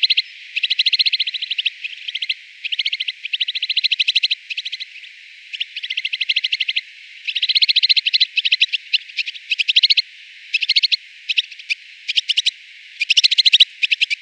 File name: snow finch